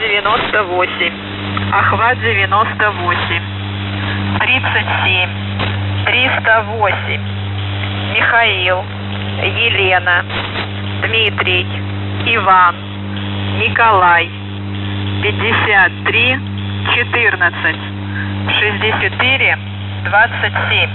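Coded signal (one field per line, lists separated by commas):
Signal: coded military voice message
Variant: The Goose, Russian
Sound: male Russian voice reading callsign, digit groups and phonetic names over a droning hum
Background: steady low drone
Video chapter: 01:34 - Воздух Охват-98 37308 МЕДИН 5314 6427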